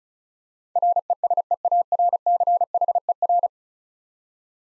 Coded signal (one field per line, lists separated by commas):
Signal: Morse code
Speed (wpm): 36 wpm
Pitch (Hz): 700 Hz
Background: none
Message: RESEARCHER